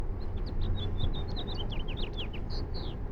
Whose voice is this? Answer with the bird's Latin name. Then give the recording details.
Haemorhous mexicanus. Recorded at Valley Stream on Long Island, New York, on 17 June 1975. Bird AD